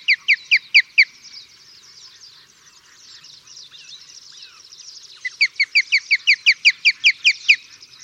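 Osprey calls: a quick burst of five shrill, upslurred whistled notes, a stretch of faint chatter, then a longer run of many sharp piping notes.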